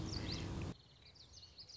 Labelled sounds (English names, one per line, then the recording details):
Common Yellowthroat
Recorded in Sonoma County, California